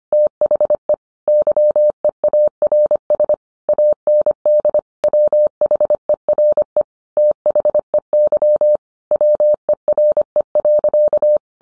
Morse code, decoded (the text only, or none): THE YEARS AND WHERE THEY WERE.